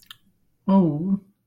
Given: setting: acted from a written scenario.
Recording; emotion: vocal sound without words; adoration